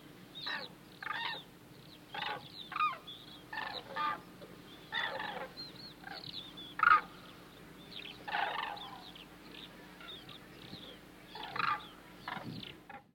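Hooded crane calls, scattered honking notes at irregular intervals.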